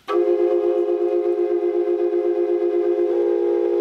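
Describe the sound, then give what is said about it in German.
A Maya-era quadruple flute, whose pipes differ slightly in length, sounds a loud, sustained cluster of close tones that beat and waver against each other, holding steady for several seconds before the pitch shifts slightly near the end. “Das ist eine Quadrupelflöte. Eine Quadrupelflöte aus der Maya-Zeit.”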